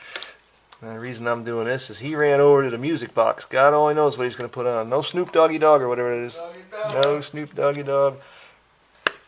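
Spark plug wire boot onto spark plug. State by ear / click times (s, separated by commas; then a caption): seated / 9.1 s. A new spark plug wire boot is pushed down onto a spark plug in the engine of a 1999 Toyota Camry while someone talks over a steady high-pitched tone. A sharp click at 9.1 s marks the boot seating onto the plug, the first wire done.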